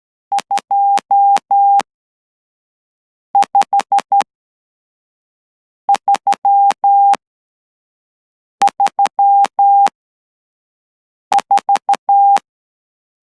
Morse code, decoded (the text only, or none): 25334